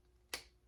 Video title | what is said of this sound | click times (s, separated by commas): Dragon Stars Majin/Kid Buu Final Form: Action Figure Unboxing! | yeah you hear that that's a click | 0.3 s